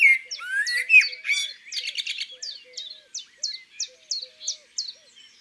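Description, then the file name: Common blackbird song: loud, rich phrases at first, then a regular series of short, high, downslurred chips, with faint low calls below. In the countryside. "Merle noir Chants doiseaux dans la campagne"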